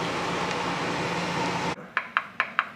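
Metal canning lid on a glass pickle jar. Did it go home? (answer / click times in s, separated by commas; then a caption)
no / none. A metal canning lid on a hot glass pickle jar is pressed at its center after processing, following a steady broadband hum that stops at about 1.8 s. Four sharp clicks at 2.0, 2.2, 2.4 and 2.6 seconds come from the lid flexing up and down. The lid has not sealed, and nothing has seated.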